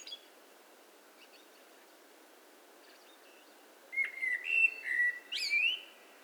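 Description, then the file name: Common blackbird song: after a quiet spell, a clear whistled phrase of several fluting notes rises into a high, squeaky flourish. "Turdus merula"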